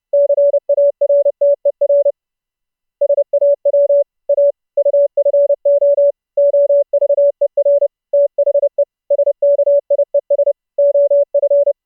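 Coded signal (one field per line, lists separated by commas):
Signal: Morse code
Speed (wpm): 30 wpm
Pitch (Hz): 570 Hz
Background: none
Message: CARTER SAW A UFO OVER THE SKIES OF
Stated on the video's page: Morse audio sent over Mumble voice-over-IP, output processed with a sine wave oscillator, noise gate and filter plugins.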